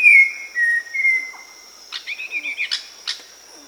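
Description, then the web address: Red-crowned ant-tanager with three clear whistled notes, followed after a pause by a run of rapid, rough chattering notes; a steady high insect-like tone continues underneath. Recorded in Peru. "Birds of the Amazon 3. Red-crowned Ant-Tanager (Habia rubica), Peru"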